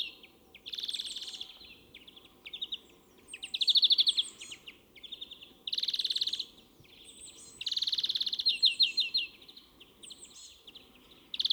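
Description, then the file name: European greenfinch singing continuously: rolling trills, buzzy notes and twittering chirps alternating without pause. "Chloris chloris"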